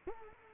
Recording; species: mosquito wingbeat signal from an infrared sensor; Culex quinquefasciatus